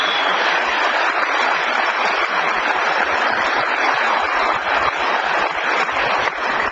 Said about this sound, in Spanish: Miren, denle un aplauso a esa gente que está aquí desde Mayagüez.